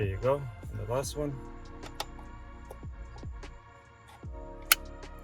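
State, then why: Seated. Over background music, someone talks while the last wiring harness connector is pushed into a MyKey Premium remote starter module being installed in a 2016–2020 Kia Optima. A few faint ticks come first, then the connector snaps fully home with a sharp, loud click at 4.7 s, confirming it is seated.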